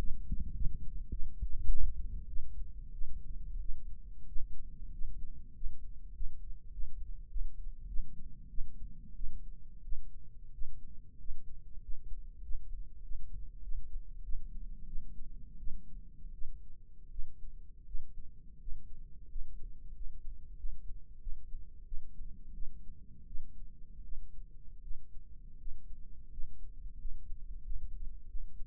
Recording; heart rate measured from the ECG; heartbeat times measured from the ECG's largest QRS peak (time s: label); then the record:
heart sounds by microphone in the left ear; 91 bpm
0.02 s: heartbeat
0.57 s: heartbeat
1.13 s: heartbeat
1.70 s: heartbeat
2.30 s: heartbeat
2.95 s: heartbeat
3.62 s: heartbeat
4.29 s: heartbeat
4.95 s: heartbeat
5.57 s: heartbeat
6.16 s: heartbeat
6.74 s: heartbeat
7.32 s: heartbeat
7.90 s: heartbeat
8.51 s: heartbeat
9.17 s: heartbeat
9.86 s: heartbeat
10.55 s: heartbeat
11.21 s: heartbeat
11.84 s: heartbeat
12.45 s: heartbeat
13.05 s: heartbeat
13.65 s: heartbeat
14.25 s: heartbeat
14.89 s: heartbeat
15.61 s: heartbeat
16.35 s: heartbeat
17.12 s: heartbeat
17.88 s: heartbeat
18.62 s: heartbeat
19.31 s: heartbeat
19.96 s: heartbeat
20.59 s: heartbeat
21.22 s: heartbeat
21.87 s: heartbeat
22.55 s: heartbeat
23.28 s: heartbeat
24.05 s: heartbeat
24.84 s: heartbeat
25.60 s: heartbeat
26.32 s: heartbeat
27.00 s: heartbeat
27.65 s: heartbeat
28.30 s: heartbeat
From the record:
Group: healthy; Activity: rest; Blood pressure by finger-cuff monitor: 161/61 mmHg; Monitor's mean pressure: 88 mmHg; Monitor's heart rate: 92 bpm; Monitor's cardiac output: 9.6 L/min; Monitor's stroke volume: 106 mL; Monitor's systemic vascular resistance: 680 dyn s/cm5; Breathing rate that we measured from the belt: 9 breaths a minute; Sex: female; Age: 37 years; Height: 168 cm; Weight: 70 kg